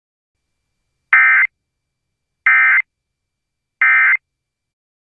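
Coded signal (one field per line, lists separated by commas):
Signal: Emergency Alert System (SAME) tones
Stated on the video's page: Fictional scenario about an Idaho supervolcano eruption, made with valid EAS tones.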